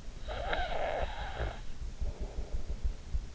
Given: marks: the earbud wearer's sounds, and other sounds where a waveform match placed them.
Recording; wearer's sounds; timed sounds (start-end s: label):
sounds in sleep by an in-ear microphone; snoring breath
0.14-3.08 s: snoring breath